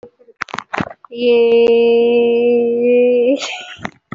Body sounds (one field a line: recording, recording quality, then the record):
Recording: sustained vowel as in made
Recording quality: excellent, no background noise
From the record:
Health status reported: COVID-19 positive, no symptoms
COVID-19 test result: positive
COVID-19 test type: RT-PCR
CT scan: not taken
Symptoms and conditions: cough, cold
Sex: female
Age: 24 years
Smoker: no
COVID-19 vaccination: none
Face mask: worn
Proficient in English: yes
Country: India